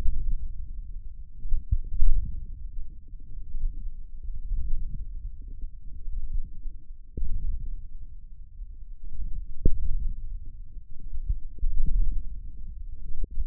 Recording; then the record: forearm muscle sounds (acoustic myography)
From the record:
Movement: wrist flexion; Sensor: system 1, eight BSWA MPA416 microphones around the upper forearm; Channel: 8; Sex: male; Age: 28 years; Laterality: right